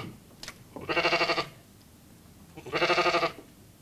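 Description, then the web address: Sheep bleating twice, each call a wavering, nasal, quavering bleat lasting about half a second, separated by a quiet gap of just over a second. Farm animal bleating. "husdyr audio jarm"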